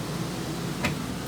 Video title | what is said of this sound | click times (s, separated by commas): Coachmen Leprechaun 317SA Video 1 | just simply lifts up it will snap into place just | 0.9 s